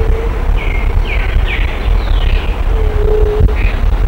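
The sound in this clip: Bird calling with a run of short downward-sliding whistles, each under half a second, amid steady low vehicle noise.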